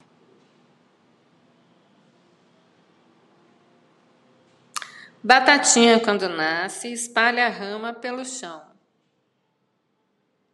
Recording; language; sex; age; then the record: short text; Brazilian Portuguese; female; 50 to 59 years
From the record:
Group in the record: control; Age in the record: 55 years